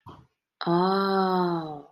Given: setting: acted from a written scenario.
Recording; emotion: vocal sound without words; realization